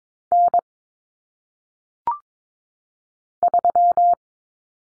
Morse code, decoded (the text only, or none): N 3